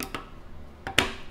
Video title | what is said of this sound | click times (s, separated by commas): Making a fully functional 3d printed Attack On Titan Blade! | so to wrap things up all we'll have to do now is place this top of the handle over should snap into place because of our registration square | 1.0 s